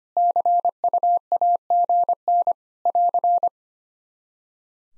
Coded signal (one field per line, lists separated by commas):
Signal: Morse code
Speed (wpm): 25 wpm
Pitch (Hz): 700 Hz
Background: none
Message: CUAGN <AR>